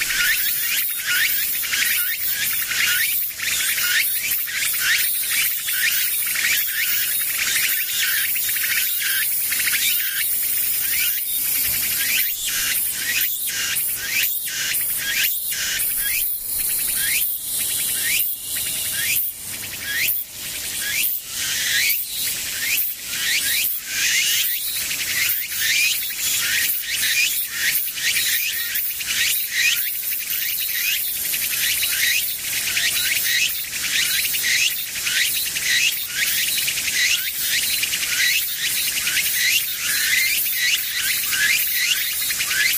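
Insects fill the air with a dense, unbroken trilling, high and hissing, packed with rapid pulses that never let up across the whole stretch. Loud, the chorus stays steady throughout, with only a faint low murmur underneath.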